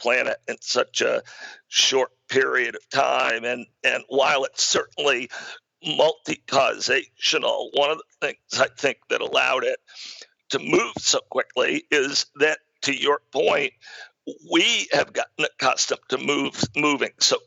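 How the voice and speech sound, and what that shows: A man speaks in choppy phrases with frequent breaks, creaky and strained-sounding voicing, brief catches mid-word and a repeated phrase. This reflects a rare, acquired voice disorder that disrupts smooth voicing and makes speaking effortful at times.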